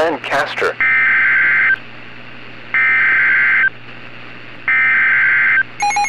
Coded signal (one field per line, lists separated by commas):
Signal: Emergency Alert System (SAME) tones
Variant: header bursts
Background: speech